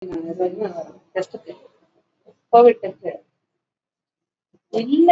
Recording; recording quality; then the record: shallow breathing; poor, much background noise or distortion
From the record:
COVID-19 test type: RT-PCR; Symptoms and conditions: cough, cold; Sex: female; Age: 58 years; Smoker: no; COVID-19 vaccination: both doses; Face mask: worn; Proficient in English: yes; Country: India